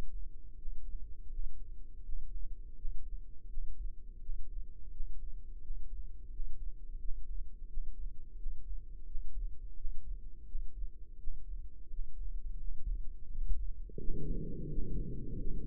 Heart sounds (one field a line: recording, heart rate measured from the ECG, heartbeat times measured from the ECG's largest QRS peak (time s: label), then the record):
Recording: heart sounds by microphone in the right ear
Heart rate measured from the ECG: 85 bpm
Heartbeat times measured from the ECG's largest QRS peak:
0.54 s: heartbeat
1.27 s: heartbeat
2.00 s: heartbeat
2.73 s: heartbeat
3.46 s: heartbeat
4.18 s: heartbeat
4.88 s: heartbeat
5.59 s: heartbeat
6.28 s: heartbeat
6.97 s: heartbeat
7.65 s: heartbeat
8.34 s: heartbeat
9.03 s: heartbeat
9.73 s: heartbeat
10.44 s: heartbeat
11.16 s: heartbeat
11.87 s: heartbeat
12.56 s: heartbeat
13.27 s: heartbeat
13.96 s: heartbeat
14.67 s: heartbeat
15.36 s: heartbeat
From the record:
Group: healthy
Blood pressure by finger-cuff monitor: 110/69 mmHg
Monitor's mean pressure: 80 mmHg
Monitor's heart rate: 85 bpm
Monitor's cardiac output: 7.1 L/min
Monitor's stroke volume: 85 mL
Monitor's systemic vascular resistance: 800 dyn s/cm5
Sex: male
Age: 33 years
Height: 179 cm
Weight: 80.4 kg